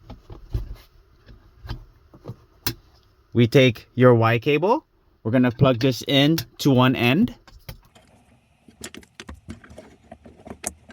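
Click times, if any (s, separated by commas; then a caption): 10.7 s. The plastic connector of a FitcamX 4K Dual Dash Cam Y cable is pushed into one end of the unplugged vehicle wiring harness connector on a Tundra/Sequoia, while someone talks. Soft handling clicks and rustles come before a sharp snap at 10.7 s, as the connector seats and locks in place.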